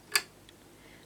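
Thread is pulled in underneath the top thread guide of an Amber Air S400 overlocker and seats with a sharp, bright click at 0.2 s. A much fainter tick follows at 0.5 s, and the thread is confirmed in place.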